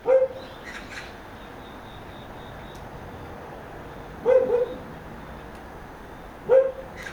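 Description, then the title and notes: Dog barking in three short bursts, a single bark at the start, a double bark after about four seconds and a final one two seconds later, with quiet hiss between. Rural side of Sinwon-dong, Seocho-gu, Seoul, South Korea; residential housing area. "대한민국 서울특별시 서초구 신원동 - Rural side, Dog barking. Rural side, Dog barking 주택가, 개 짖음"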